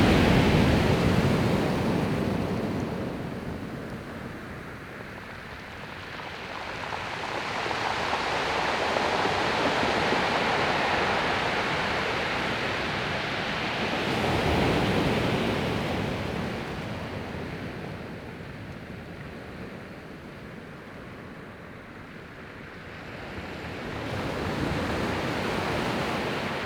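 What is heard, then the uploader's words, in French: Waves break and draw back over a pebble beach in slow, regular swells, each surge rising to a rushing crash near 0, 14 and 26 seconds. Between breakers the sea recedes to a softer hiss as stones rattle and drain, then builds again. Plage de Porz Kreguen - Pointe de la chèvre - Finistère - Nagra seven - Binaural mkh8020. Après-midi incroyable sur la presqu'île de Crozon, un ciel limpide couleur bleu de Provence. Une mer calme. De l'inspiration et de l’expiration des vagues qui viennent se briser sur une plage de galet.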